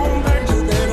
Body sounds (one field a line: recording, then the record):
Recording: coughing mixed with background sound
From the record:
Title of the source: female coughing - coughing sound effects girl